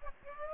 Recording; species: mosquito wingbeat signal from an infrared sensor; Aedes aegypti